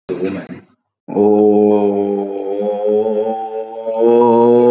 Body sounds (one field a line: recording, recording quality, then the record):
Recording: sustained vowel as in boot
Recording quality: excellent, no background noise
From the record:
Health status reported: COVID-19 positive, mild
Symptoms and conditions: cough, cold, muscle pain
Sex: male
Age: 25 years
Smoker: not ticked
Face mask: not worn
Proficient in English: yes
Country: India